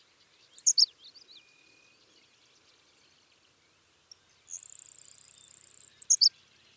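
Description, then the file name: Henslow's sparrow song: two quick high hiccuping bursts about five seconds apart, with a long thin insect-like buzz and faint bird notes between them. "Ammodramus henslowii - Henslow's Sparrow"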